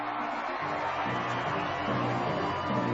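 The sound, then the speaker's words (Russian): A crowd in a hall shouts and cheers in praise of a man crowned with a laurel wreath on a flower-strewn platform, a steady, dense roar that holds at the same loud level for the full three seconds, with no single voice standing out. “Люди, наполнявшие зал громкими криками, выражали свой восторг человеку в лавровом венке.”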